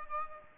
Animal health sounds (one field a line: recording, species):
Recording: mosquito wingbeat signal from an infrared sensor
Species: Aedes aegypti